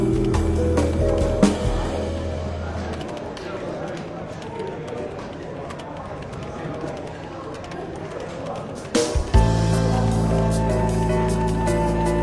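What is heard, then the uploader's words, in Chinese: A London bookshop café murmurs with chatter and clinks over soft jazz, its sustained tones fading mid-clip before returning fuller around nine seconds. 伦敦书店咖啡馆轻微喧闹氛围与柔和轻松的爵士背景音乐。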